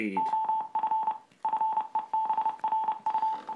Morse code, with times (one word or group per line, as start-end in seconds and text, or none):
0.2-1.1 OF
1.4-3.3 FEBRU